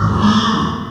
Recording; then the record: squeal of a Yucatan mini pig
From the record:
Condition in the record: after surgery on the right vocal fold (resection and tissue-engineered implant); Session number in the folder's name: 15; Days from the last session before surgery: 175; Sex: female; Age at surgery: 19 weeks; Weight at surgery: 25 kg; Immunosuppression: prednisolone